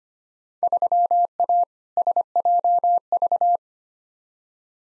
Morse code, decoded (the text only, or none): 3A SJV